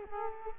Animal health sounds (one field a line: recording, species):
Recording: mosquito wingbeat signal from an infrared sensor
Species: Culex quinquefasciatus